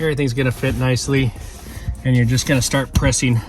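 An interior side trim panel with plastic retaining clips is handled by hand as it is lined up to go back into the car body, while someone talks throughout. Nothing has seated or clicked yet; the clip ends before the panel is pressed home.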